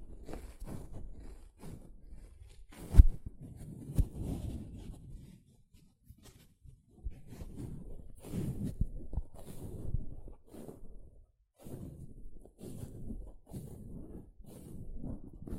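A sponge is squished and rubbed in a run of soft, low, muffled pulses that come and go every second or so, with short gaps between. Faint airy hiss rides along on top, and a single sharp knock lands around three seconds.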